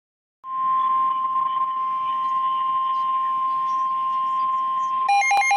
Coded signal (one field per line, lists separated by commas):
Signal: Emergency Alert System (SAME) tones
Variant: 1050 Hz attention tone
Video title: NOAA weather radio: Severe thunderstorm warning